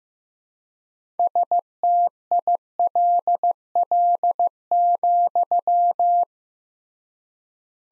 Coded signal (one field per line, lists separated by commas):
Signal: Morse code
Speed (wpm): 16 wpm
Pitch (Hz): 700 Hz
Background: none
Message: STILL,